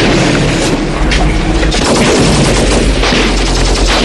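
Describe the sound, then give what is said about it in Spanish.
Heavy, continuous gunfire with rapid bursts of automatic weapons and deep booming impacts, loud and dense throughout with no speech, from the 1984 war film Purple Hearts, directed by Sidney Furey. “Y aquí, mientras pasan los disparos, llegamos a la posición número 28 con una película de 1984, Purple Hearts, una cinta de Sidney Furey”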